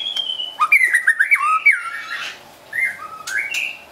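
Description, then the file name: White-rumped shama: a thin high whistle, then a rolling sequence of warbled, descending fluty notes and a few short whistled phrases after a pause. Wild bird from forest near Medan, singing actively (gacor). "suara burung murai batu hutan medan gacor"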